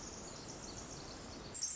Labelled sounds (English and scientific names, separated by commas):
Pacific Wren (Troglodytes pacificus)